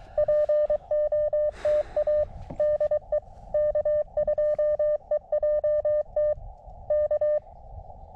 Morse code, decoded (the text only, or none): POTA DE K2EJT K